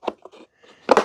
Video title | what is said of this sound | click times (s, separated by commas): NEW BISSELL Little Green Mini – Does It Really Work? (4015 Review). Best Cordless Cleaner | And it should click into place. | 0.9 s